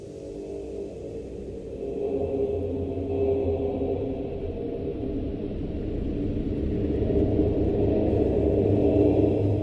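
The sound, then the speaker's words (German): A thundering waterfall roars steadily, a dense, deep rumbling wash of water that swells slightly louder toward the end, with no voices. “Endlos. Durstig. Im Donner des Wasserfalls.”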